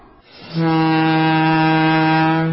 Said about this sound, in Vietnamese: Tàu rút chạy, chân dịch quay nước đùng đùng, súp lê thổi nghe inh ỏi.